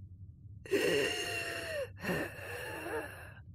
It's a relatively high-pitched whistling noise produced by movement of air through narrowed airways. That's an inspiratory and expiratory wheeze.